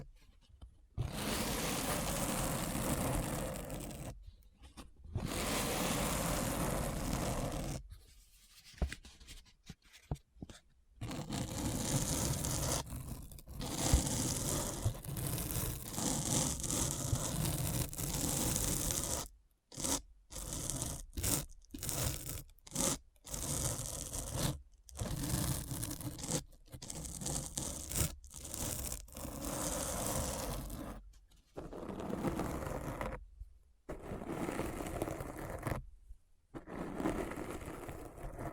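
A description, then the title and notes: Scratching sounds, rough and dense, come in bursts separated by sudden silent gaps. Early passes run several seconds each, then from about twenty to thirty seconds the scratches turn short and choppy with frequent pauses before longer strokes return near the end. ASMR Deep Brain Scratch (No Talking).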